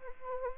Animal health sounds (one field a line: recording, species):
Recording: mosquito wingbeat signal from an infrared sensor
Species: Anopheles arabiensis